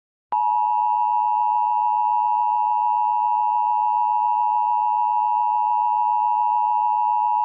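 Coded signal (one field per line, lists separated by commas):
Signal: Emergency Alert System (SAME) tones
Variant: 853 and 960 Hz attention tone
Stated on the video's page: Recreated Arizona Silver Alert (administrative message) with valid EAS tones and synthesized voice, not a real broadcast.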